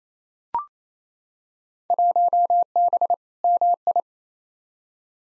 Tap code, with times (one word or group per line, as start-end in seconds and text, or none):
none